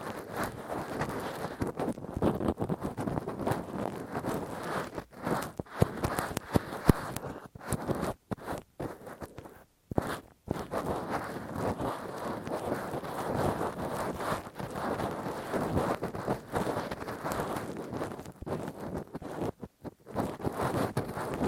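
Rough, deep ear cleaning with a Q-tip and ear pick: dense, crackly scraping and rubbing that runs almost without pause, mostly in the low and middle range. Brief silent gaps break it around seconds 5, 7–10 and 19–20.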